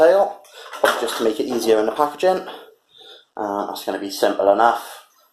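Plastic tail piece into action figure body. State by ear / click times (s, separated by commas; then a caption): not seated / none. A separately packed plastic tail piece is handled before being pushed into the back of a plastic action figure while someone talks throughout. Nothing has seated or clicked yet in this clip.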